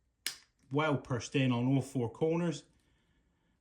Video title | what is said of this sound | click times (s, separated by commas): Citroen C4 Key Battery Replacement | just snap it into place. Make sure he's well | 0.3 s